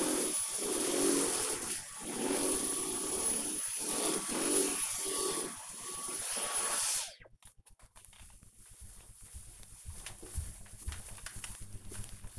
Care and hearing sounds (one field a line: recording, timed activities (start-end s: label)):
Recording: household activities, microphone on the right wrist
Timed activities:
0.00-7.49 s: vacuum cleaning